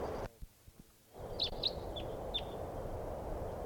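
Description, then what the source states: Crossbill flight calls, four short sharp chips in quick succession over low background noise. Flying over; sounded different from usual; possibly a type 2 variant.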